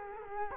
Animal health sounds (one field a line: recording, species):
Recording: mosquito wingbeat signal from an infrared sensor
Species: Culex quinquefasciatus